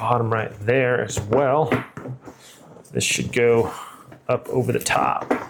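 Someone talks while bringing a plastic panel of a Jollying Pebble 20" Lite collapsible carry-on suitcase up over the top edge of the suitcase shell and pressing it down. Handling noises and a brief knock near 2.0 s are heard. The clip ends before the panel goes home, and nothing has snapped down or seated yet.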